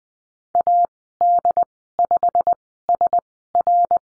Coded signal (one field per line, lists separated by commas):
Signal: Morse code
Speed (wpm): 20 wpm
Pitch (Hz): 700 Hz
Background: none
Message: AD5SR